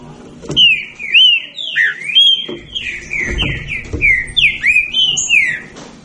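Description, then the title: Green-winged saltator song: a continuous chain of clear, swooping whistled phrases, rising and falling, over faint low rumble. Birds engaged in a singing dispute. "Trinca Ferro Nicao"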